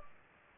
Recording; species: mosquito wingbeat signal from an infrared sensor; Culex pipiens